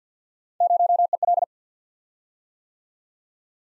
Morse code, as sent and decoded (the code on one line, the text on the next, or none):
----- . .-..
0EL